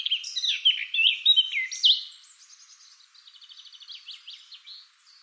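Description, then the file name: Eurasian blackcap song opening with loud fluty, slurred whistles, then trailing into a softer, rapid chattering series of repeated notes. "Sylvia atricapilla"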